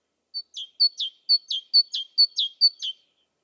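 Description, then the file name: Great tit giving six repeated see-saw phrases, a clear high whistle followed by a lower falling note, roughly two phrases per second, nothing else audible. "Parus major"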